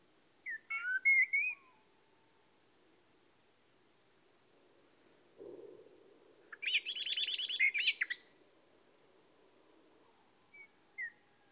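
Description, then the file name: Common blackbird song: a low fluty whistled phrase near the start, then after a pause a dense, high, scratchy twittering flourish lasting about two seconds. "Turdus merula"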